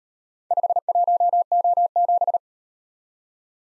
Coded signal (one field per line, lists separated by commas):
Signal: Morse code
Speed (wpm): 36 wpm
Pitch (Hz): 700 Hz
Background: none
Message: 51O7